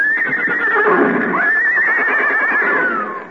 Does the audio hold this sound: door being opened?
no